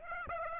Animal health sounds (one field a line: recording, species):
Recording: mosquito wingbeat signal from an infrared sensor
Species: Aedes aegypti